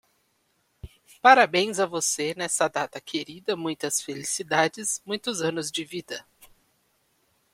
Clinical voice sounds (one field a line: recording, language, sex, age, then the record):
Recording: short text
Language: Brazilian Portuguese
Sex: male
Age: 20 to 29 years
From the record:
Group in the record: control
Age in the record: 26 years